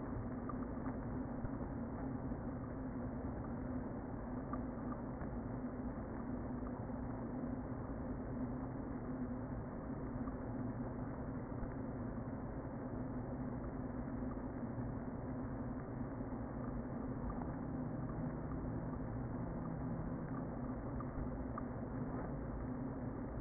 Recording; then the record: honeybee colony, microphone inside the hive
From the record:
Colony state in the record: queen present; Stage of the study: before two queens were removed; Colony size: about 60,000 bees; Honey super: yes